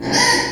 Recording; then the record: squeal of a Yucatan mini pig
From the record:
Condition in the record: before surgery on the right vocal fold (resection and tissue-engineered implant); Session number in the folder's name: 1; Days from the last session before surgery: -3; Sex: male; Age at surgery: 12 weeks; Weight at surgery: 13 kg